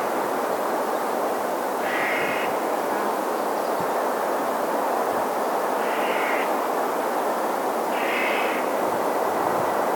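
Clark's nutcracker uttering three rasping, drawn-out kraa notes spaced about two to four seconds apart against a loud continuous rushing noise.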